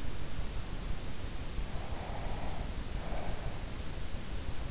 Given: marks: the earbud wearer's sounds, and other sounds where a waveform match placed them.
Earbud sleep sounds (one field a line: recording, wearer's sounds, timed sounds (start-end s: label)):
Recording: sounds in sleep by an in-ear microphone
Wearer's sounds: breath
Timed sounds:
1.65-4.04 s: breath